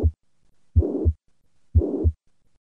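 Two slow, regular beats at about 60 a minute, each with a steady rushing murmur that fills the whole gap between the first and second heart sounds, heard at the apex in an adult. This holosystolic murmur is mitral regurgitation, a leak of blood back through the mitral valve.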